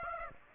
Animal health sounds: mosquito wingbeat signal from an infrared sensor; Aedes aegypti

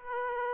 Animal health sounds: mosquito wingbeat signal from an infrared sensor; Aedes aegypti

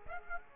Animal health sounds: mosquito wingbeat signal from an infrared sensor; Aedes aegypti

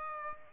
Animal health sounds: mosquito wingbeat signal from an infrared sensor; Aedes aegypti

